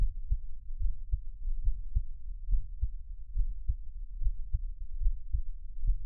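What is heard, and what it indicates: Regular soft low thumps at about 70 beats a minute, a person's own adult heartbeat heard close up for ASMR, with no talking.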